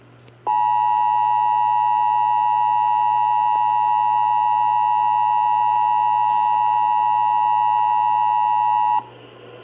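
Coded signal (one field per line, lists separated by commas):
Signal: Emergency Alert System (SAME) tones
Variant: 853 and 960 Hz attention tone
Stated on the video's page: Real Severe Thunderstorm Warning relayed by a TV station and an AM radio station.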